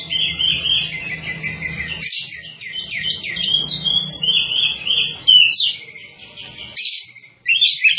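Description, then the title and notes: Continuous bird song of fast chirps and twittering trills, broken by brief pauses, with several loud sharp notes in the second half. "Bird Sound. Kicau Burung Lengkap"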